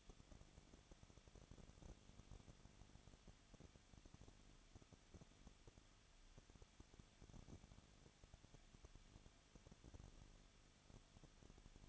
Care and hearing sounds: daily activity, microphone in the room; no activity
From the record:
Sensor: 4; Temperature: 23.0 degrees Celsius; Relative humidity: 34.5%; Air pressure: 1007.2 hPa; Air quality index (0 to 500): 216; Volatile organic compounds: 15 ppm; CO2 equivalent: 2512 ppm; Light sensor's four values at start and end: 2/3/1/1 and 2/3/1/1

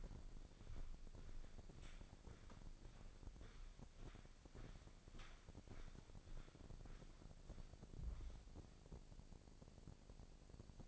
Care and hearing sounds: daily activity, microphone in the room; walk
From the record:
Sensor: 5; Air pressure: 1009.4 hPa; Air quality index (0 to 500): 145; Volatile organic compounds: 2 ppm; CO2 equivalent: 1124 ppm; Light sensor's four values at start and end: 352/840/361/403 and 351/838/360/402

